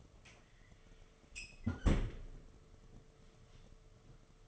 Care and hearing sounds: daily activity, microphone in the room; close fridge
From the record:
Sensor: 4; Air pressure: 1015.8 hPa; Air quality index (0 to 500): 197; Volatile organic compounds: 11 ppm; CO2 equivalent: 2272 ppm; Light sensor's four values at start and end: 13/29/12/14 and 17/39/16/17

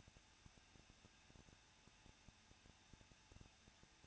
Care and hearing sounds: daily activity, microphone in the room; no activity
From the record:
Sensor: 2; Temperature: 21.0 degrees Celsius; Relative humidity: 37.6%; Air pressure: 1006.3 hPa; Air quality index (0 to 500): 224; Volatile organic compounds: 25 ppm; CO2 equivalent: 2847 ppm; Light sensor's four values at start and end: 2/3/2/2 and 2/3/2/2

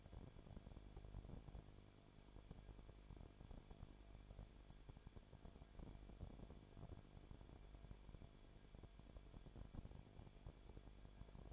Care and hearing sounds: daily activity, microphone in the room; no activity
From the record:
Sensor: 5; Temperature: 19.8 degrees Celsius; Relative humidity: 33.3%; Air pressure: 1001.4 hPa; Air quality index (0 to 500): 31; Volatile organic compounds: 1 ppm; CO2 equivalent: 524 ppm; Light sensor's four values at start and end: 2/3/1/1 and 2/3/1/1

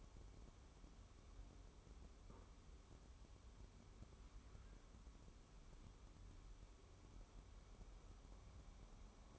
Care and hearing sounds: daily activity, microphone in the room; wipe stove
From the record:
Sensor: 1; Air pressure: 1015.1 hPa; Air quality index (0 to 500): 68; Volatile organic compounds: 1 ppm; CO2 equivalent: 876 ppm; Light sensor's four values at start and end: 14/32/13/15 and 14/32/13/15

